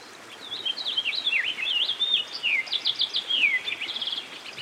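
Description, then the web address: American goldfinch song, a fast jumble of high twittering notes with swooping slurs and a short trill near the end, accompanied by flowing water hiss. Singing beside a stream. "Dan Gibson Songbirds By The Stream. American Goldfinch"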